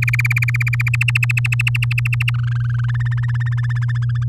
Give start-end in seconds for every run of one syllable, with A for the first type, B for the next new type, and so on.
0.02-0.89 A, 0.93-2.30 B, 2.34-2.86 C, 2.88-4.24 D